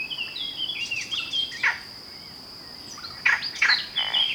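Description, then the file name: Eurasian blackcap warbling in two quick melodic bursts separated by a pause, mixed with sharp clicking sounds and a continuous high insect whine. "Sylvia atricapilla"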